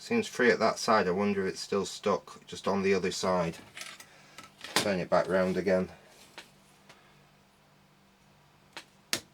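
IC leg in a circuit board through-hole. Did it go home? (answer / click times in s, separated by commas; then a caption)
released / 9.1 s. Someone talks while working a desoldered IC leg on a ZX81 computer board with flat pliers, then it goes quiet apart from a low steady hum and a few faint ticks. At 9.1 s a sharp, loud click is heard as the leg snaps free of the remaining solder in its through-hole, releasing it.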